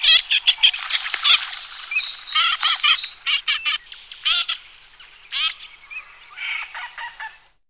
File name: Чирок-свистунок